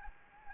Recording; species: mosquito wingbeat signal from an infrared sensor; Anopheles gambiae